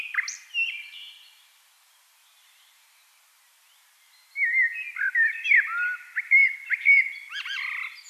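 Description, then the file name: Eurasian blackbird song: a mellow fluted phrase with a squeaky high note, a few seconds of quiet, then a richer run of warbled whistles and twitters. "Turdus merula"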